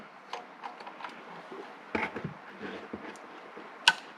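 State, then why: Seated. A rectangular plastic wiring harness connector with a latch tab, part of a homemade harness, is slid into its socket on the back of an aftermarket car stereo head unit for a 1997 Viper. Faint plastic rustles and small taps come first, then a sharp, loud click at 3.9 s as the connector latches and seats.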